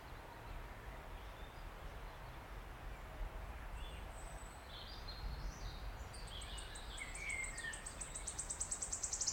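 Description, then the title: Wood warbler song: faint chirps from other birds, then a high, ticking series that speeds up and grows louder toward a trill just as the recording ends. Male singing from the canopy of tangled oak trees in an ancient oak wood, on a steep-sided wooded valley in South Wales, in May, just after rain had stopped. "Sound Escape. listen to the cascade of wood warbler song in an ancient oak wood"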